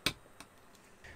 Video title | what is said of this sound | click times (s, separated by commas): DIY Tetris Snake Racing Aircraft Game Console Build Kit | then they'll just click into place and | 0.1 s